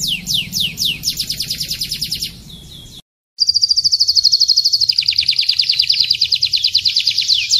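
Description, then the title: Atlantic canary song: rapid descending whistled notes, then a fast buzzy trill and a long, steady high rattle after a brief silence, with a low hum underneath. Kenari (canary) in the 'kalitan' style, titled 'gaya gela gelo'. "KENARI KALITAN GAYA GELA GELO"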